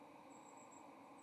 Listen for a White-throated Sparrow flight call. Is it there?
no